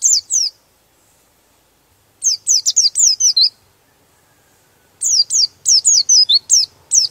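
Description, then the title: White-eye song in several high, rapid phrases of down-slurred chirps, separated by quiet gaps. "Pleci"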